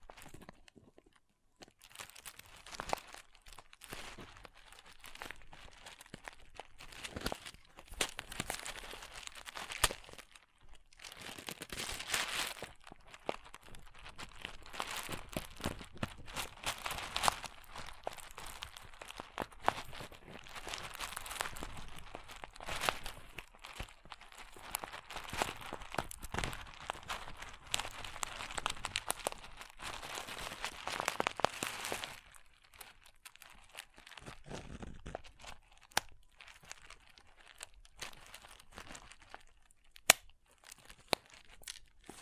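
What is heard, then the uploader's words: Crunchy slime being squeezed and worked, a dense stream of small crackling pops and crinkles with a bright, sticky texture. Activity builds from a sparse start, runs busy through the middle, then thins to scattered clicks after about 33 seconds. ASMR Satisfying Crunchy Slime (No Talking).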